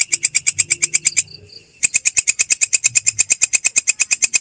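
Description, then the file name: Grasshopper stridulating in fast, sharp, buzzy high pulses, with a brief pause early on before the steady rhythm resumes. "suara belalang kecek"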